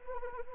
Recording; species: mosquito wingbeat signal from an infrared sensor; Anopheles arabiensis